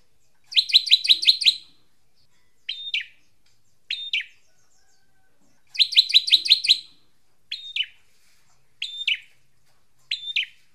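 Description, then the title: Drongo giving two bursts of fast ticking notes, each followed by a few short whistled notes with pauses between; nothing else heard. "Suara Srigunting. Hobiburung"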